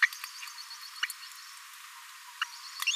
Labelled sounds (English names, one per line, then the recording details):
Green-rumped Parrotlet babbling
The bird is a male
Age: 22 days
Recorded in a nest box in Venezuela
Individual 17B42A3